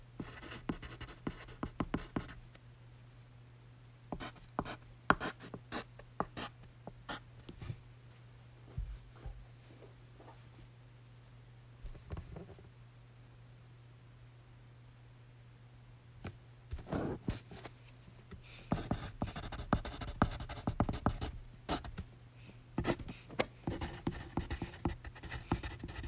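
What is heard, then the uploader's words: Pencil scratches and taps come in short bursts over a steady low hum, growing denser and busier after about eighteen seconds. ASMR Pencil. This is a longer version.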